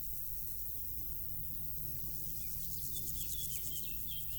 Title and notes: île Gabriel - Brangues, France - Bourdons et crissements estivaux. Une après-midi ensoleillée sur l'île Gabriel. en juin 2021. je dépose deux petites capsules dans l'herbe afin de capter les stridulations des insectes à cette saison